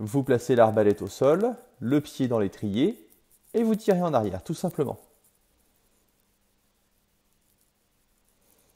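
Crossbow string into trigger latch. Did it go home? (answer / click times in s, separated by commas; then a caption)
no / none. Someone talks for about the first five seconds while, with a foot in the stirrup, the string of an XB53 crossbow is pulled back by hand toward the trigger latch. After that it is nearly silent, with only a few faint soft ticks between 6.2 and 8.8 s. The string has not yet caught or clicked into the latch when the clip ends.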